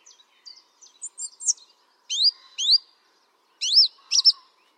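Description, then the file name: Song thrush singing: faint twittering notes, then loud rising whistled phrases given in pairs, ending with a pair of sharper notes. "singdrossel"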